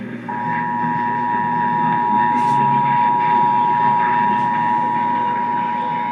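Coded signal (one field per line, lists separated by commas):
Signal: Emergency Alert System (SAME) tones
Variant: 853 and 960 Hz attention tone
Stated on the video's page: Pennsylvania statewide Required Monthly Test relayed by FM, AM and TV broadcast stations and EAS ENDEC units.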